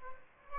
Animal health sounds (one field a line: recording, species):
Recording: mosquito wingbeat signal from an infrared sensor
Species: Aedes albopictus